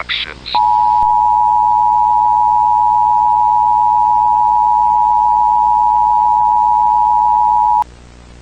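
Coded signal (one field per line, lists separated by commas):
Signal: Emergency Alert System (SAME) tones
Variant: 853 and 960 Hz attention tone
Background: speech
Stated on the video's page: Fictional EAS scenario with simulated alert.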